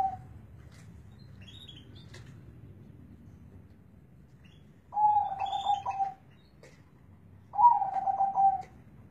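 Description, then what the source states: Zebra dove song: two stuttering, bubbly coo phrases of about a second each, after a quiet stretch. Local Indonesian zebra dove (perkutut lokal) kept for bird-song contests, where its voice is the main judging criterion; used as training material (masteran) for contest birds.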